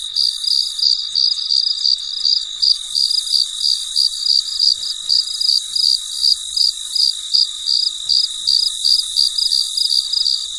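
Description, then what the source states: Cricket producing steady high chirps about three per second, with a continuous shrill hiss behind. Late at night, in deep quiet.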